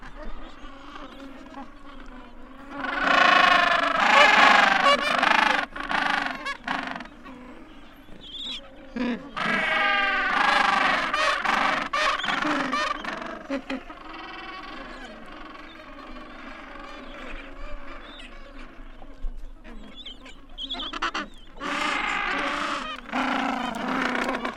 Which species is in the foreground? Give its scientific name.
Pygoscelis papua